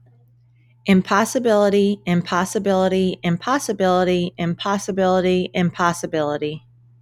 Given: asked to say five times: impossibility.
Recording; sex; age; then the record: repeated word; female; 30 to 39 years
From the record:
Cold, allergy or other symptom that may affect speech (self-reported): no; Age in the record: 36 years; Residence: New Jersey, United States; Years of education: 16